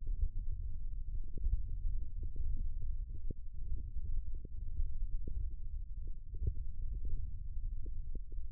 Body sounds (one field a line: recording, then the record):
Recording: forearm muscle sounds (acoustic myography)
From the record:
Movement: index flexion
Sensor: system 1, eight BSWA MPA416 microphones around the upper forearm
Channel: 6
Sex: male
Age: 21 years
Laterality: right